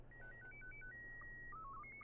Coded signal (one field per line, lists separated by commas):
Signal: SSTV (slow-scan television)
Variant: Scottie 2